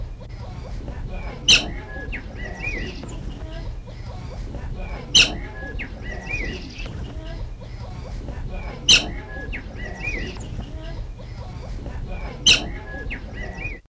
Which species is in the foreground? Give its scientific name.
Ptilostomus afer